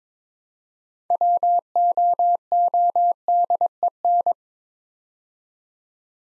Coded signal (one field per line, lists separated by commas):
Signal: Morse code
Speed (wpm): 23 wpm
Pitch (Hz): 700 Hz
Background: none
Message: WOODEN